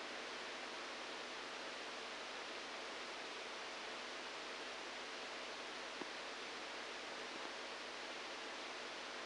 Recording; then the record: brain microelectrode recording played as sound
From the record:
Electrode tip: outside the subthalamic nucleus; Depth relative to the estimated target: 1 mm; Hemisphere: right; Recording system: NeuroSet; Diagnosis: Parkinson's disease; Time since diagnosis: 7 years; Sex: male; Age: 69 years